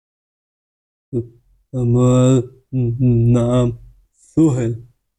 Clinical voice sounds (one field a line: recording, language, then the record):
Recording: elicited speech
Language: Bengali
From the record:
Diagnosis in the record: Broca's or global aphasia after a stroke